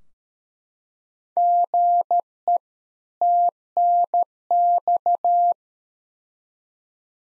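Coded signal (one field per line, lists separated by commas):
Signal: Morse code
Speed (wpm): 13 wpm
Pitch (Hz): 700 Hz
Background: none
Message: GE TNX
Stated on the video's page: Practice CW QSO exchange for head-copy at 13 wpm; beginning segment.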